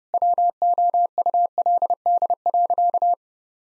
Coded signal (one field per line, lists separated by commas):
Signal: Morse code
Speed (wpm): 32 wpm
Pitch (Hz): 700 Hz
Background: none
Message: WOULD.